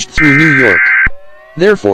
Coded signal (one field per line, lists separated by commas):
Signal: Emergency Alert System (SAME) tones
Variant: header bursts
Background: speech